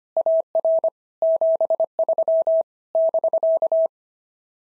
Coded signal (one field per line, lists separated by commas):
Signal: Morse code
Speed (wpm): 26 wpm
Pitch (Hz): 650 Hz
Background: none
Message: AR 73 <BK>